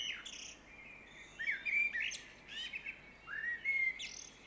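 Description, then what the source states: Common blackbird song, a few fluty warbling phrases with high squeaky twitters, over faint background hum. Recorded at 5 am in a suburb, 5 May 2013.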